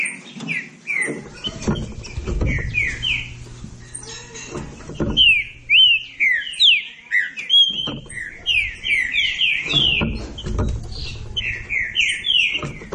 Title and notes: Canto Clássico Trinca Ferro TREINAMENTO. trinca fero